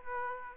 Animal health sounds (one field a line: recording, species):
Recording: mosquito wingbeat signal from an infrared sensor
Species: Aedes aegypti